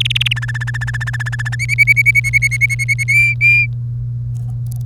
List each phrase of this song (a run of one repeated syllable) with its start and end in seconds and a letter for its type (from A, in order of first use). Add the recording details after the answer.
0.00-0.33 A, 0.36-1.55 B, 1.59-3.04 C, 3.08-3.66 D. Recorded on 1 May 2018 at 06:17. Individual llb3